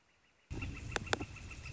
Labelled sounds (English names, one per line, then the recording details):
Northern Flicker
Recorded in Sonoma County, California